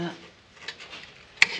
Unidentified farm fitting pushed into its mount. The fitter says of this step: hear snap go in